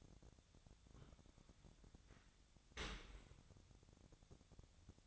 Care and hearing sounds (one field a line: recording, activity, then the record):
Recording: daily activity, microphone in the room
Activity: open dishwasher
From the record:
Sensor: 3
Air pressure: 1006.8 hPa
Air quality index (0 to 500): 205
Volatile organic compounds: 18 ppm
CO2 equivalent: 2624 ppm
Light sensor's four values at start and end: 11/25/10/10 and 11/25/10/10